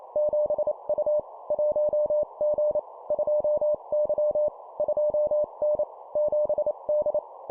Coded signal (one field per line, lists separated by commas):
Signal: Morse code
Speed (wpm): 28 wpm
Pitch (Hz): 600 Hz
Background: none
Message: 7U 1G 2Y 2N 7D